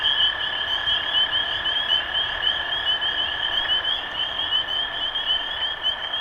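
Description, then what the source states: Spring peeper: high peeping frog chorus, the peeps blurred together into a shrill wash, above a steady lower droning trill. Recorded 23 March 2012.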